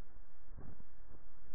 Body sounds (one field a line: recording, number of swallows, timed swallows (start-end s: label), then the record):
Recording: swallowing sounds by neck microphone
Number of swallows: 1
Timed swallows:
0.65-0.92 s: swallow
From the record:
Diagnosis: dysphagia